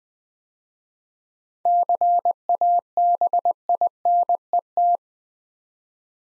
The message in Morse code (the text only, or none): CABINET